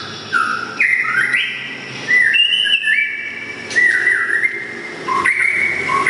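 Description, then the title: Oriental magpie-robin singing clear whistled notes, sliding up and down and held in level tones. "kacer"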